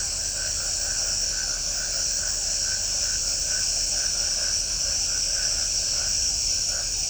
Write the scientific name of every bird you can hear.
none